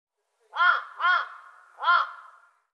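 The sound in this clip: Bird calling three short, hoarse arched notes, the first two close together and the third after a longer pause, each followed by a faint lingering tail.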